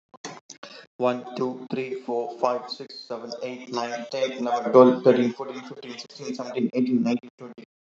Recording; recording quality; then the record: counting at a fast pace; excellent, no background noise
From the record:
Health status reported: healthy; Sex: male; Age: 34 years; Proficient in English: yes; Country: India